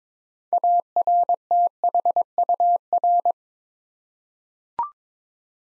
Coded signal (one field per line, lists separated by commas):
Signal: Morse code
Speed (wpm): 22 wpm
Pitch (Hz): 700 Hz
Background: none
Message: ARTHUR